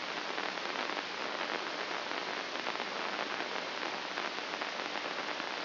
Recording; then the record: brain microelectrode recording played as sound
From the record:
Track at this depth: outside the subthalamic nucleus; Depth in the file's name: 7.828 mm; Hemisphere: left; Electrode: 2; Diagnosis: Parkinson's disease